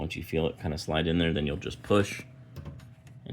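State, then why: Seated. A plastic 24-pin ATX power plug is slid into the motherboard header and pushed until its latch tab clicks and locks. Someone talks, then a few faint sliding and ticking sounds are heard as it is pushed in, and the connector clicks into place at 3.3 s, seated.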